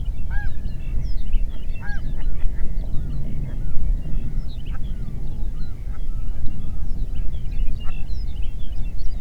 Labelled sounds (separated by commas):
songbird, waterfowl, wind